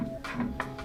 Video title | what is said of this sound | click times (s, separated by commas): Elegoo Mars 5 Ultra Unboxing and First Print!!! | that just locks in place | 0.6 s